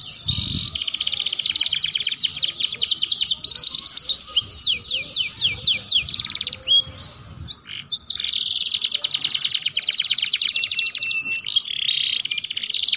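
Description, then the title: Atlantic canary singing continuously, fast buzzy trills alternating with sweeping slurred notes, the phrases changing pace, with one short dip near the middle. Belgian canary song used to stimulate other canaries into singing and to tutor young canaries. "Canto Para Esquentar Canário Belga. Suara Pancingan Kenari Gacor || Bagus Untuk Masteran Kenari Paud"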